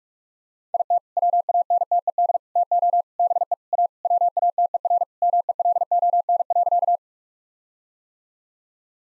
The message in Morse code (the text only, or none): IT WANTED TO BE A WATERMELON.